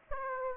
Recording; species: mosquito wingbeat signal from an infrared sensor; Aedes aegypti